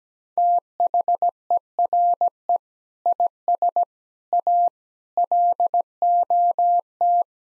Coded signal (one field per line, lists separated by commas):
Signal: Morse code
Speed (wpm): 17 wpm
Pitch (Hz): 700 Hz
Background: none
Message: THERE IS A LOT